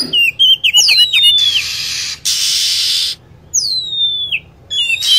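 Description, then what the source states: Lovebird calls: a run of sharp chirps, then long downward-sliding whistles, with two stretches of harsh steady hiss between the calling. Lure sound for attracting lovebirds.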